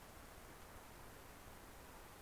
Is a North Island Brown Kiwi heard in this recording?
no